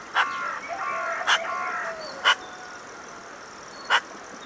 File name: Pica pica